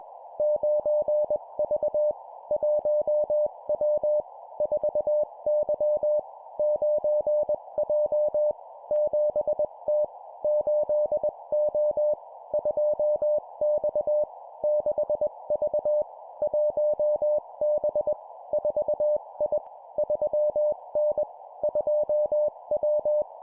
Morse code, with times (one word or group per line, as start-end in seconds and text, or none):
0.4-2.1 9V
2.5-4.2 1W
4.6-6.2 4Y
6.6-8.5 9J
8.9-10.0 7T
10.4-12.1 8O
12.5-14.2 2X
14.6-16.0 6V
16.4-18.1 1B
18.5-19.6 4I
20.0-21.2 3N
21.6-23.2 2W